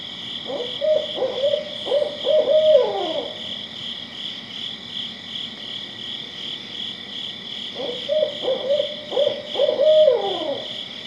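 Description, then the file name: Barred owl hooting in two rhythmic series of several notes each, separated by a pause, with a steady insect chorus droning throughout. "Barred Owl Calling"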